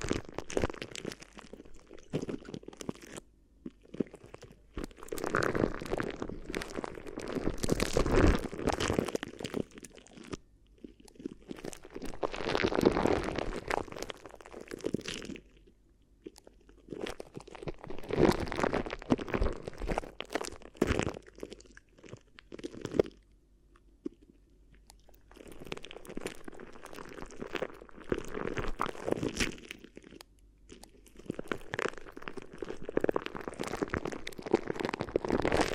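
Crinkly ear massage sounds in dense bursts of rustling and crunching, pausing briefly around 10, 16 and 24 seconds before resuming.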